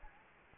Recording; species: mosquito wingbeat signal from an infrared sensor; Anopheles gambiae